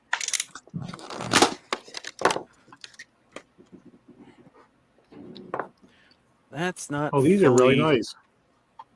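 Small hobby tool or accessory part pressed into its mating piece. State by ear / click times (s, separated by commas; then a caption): partly seated / 8.8 s. Someone talks while pressing a small hobby tool or accessory part into its mating piece, meant for use when soldering metal leaves. Several sharp clicking and rattling sounds come early in the clip, then a single sharp click is heard at 8.8 s. The part clicks but is not fully home.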